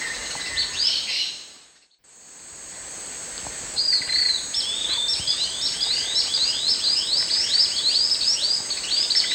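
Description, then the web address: Brown jacamar giving sharp, high rising notes, a short burst, then a brief quiet gap, then a long rapid series, against steady insect buzzing. Calls, eastern lowlands of South America. "Natures Songs S America Eastern Lowlands. Brachygalba lugubris, calls"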